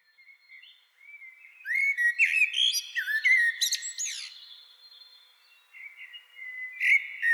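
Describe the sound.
Common blackbird singing a fluty, wandering phrase of slurred whistles and sharp high squeaks that fades to a quiet trail, then another phrase begins.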